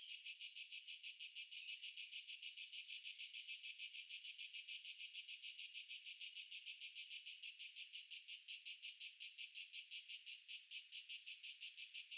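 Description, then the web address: Cricket chorus of high, rapid chirps, keeping an even rhythm with slight unevenness near the end. Nature ambience. "Stefano Cremona - Pure Nature Ambiences Crickets"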